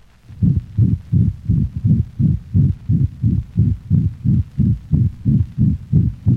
The murmur of the ventricular septal defect is a harsh holosystolic sound, not unlike that of mitral valvular insufficiency.